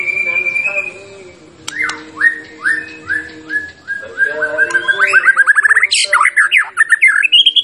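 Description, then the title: White-rumped shama song: a series of down-slurred whistles, then a run of rapid notes climbing higher in pitch. Champion shama's song, used to tutor other birds. "Masteran Murai Batu Juara"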